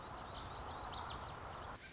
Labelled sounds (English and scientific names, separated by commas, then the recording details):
Lazuli Bunting (Passerina amoena)
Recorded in Sonoma County, California